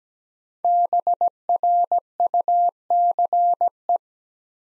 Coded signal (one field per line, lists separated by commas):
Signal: Morse code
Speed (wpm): 17 wpm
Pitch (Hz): 700 Hz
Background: none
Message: BRUCE